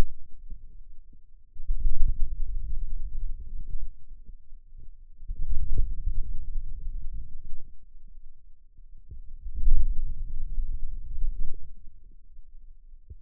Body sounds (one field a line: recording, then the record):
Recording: forearm muscle sounds (acoustic myography)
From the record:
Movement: wrist extension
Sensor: system 2, bracelet of six BSWA MPA416 microphones around the upper forearm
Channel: 2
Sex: male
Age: 22 years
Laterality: right